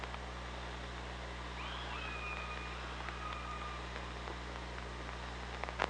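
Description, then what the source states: Killer whale call underwater, one drawn-out tonal call that rises briefly and then holds a steady, slightly falling pitch for about two seconds, over constant hiss and low hum. OrcaLab hydrophone recording, 24 August 2017, 06:28.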